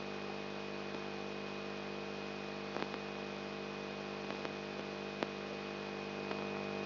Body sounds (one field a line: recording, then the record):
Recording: brain microelectrode recording played as sound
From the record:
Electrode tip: outside the subthalamic nucleus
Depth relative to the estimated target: -6 mm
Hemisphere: left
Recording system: AlphaMap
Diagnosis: Parkinson's disease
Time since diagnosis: 10 years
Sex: male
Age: 56 years